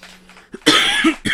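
An adult coughs, after coughing all day.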